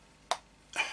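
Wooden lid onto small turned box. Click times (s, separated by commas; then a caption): 0.3 s. A wooden lid is pushed onto a second small turned wooden box, and its catch gives a sharp, bright click at 0.3 s. A softer, longer broadband rustle follows at about 0.7–1.0 s. The lid is seated with its catch clicked on.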